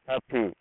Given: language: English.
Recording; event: throat vibration sensor signal played as sound; speech